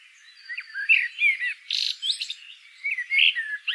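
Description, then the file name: Common blackbird sounding a rapid string of fluty slurred notes and a harsh buzzy burst midway, followed by more whistled phrases. "Turdus merula"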